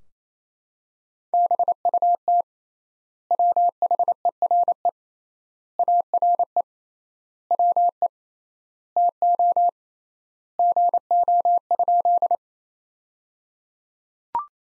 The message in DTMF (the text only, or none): none